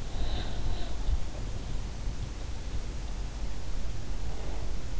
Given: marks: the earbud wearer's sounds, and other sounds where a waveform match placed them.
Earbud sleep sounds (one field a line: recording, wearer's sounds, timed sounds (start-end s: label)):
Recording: sounds in sleep by an in-ear microphone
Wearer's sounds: body movement, breath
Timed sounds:
0.00-2.83 s: body movement
4.09-4.78 s: breath